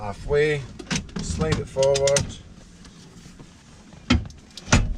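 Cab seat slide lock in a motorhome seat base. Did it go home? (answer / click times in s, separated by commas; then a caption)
yes / 4.7 s. Someone talks as a motorhome cab seat is slid forward on its runners in the seat base. After a sharp sound at about 4.1 s, the seat slide lock catches with a click at 4.7 s, and the seat is locked back into position.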